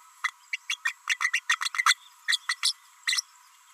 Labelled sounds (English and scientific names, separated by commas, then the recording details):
Green-rumped Parrotlet (Forpus passerinus) babbling
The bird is a female
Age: 32 days
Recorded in a nest box in Venezuela
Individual 17B32A5